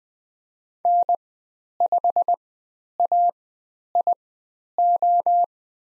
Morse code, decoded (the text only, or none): N5AIO